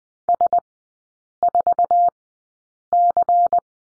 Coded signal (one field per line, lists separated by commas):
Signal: Morse code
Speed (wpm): 19 wpm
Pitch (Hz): 700 Hz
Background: none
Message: S4C